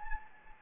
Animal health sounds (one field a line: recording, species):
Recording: mosquito wingbeat signal from an infrared sensor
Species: Anopheles gambiae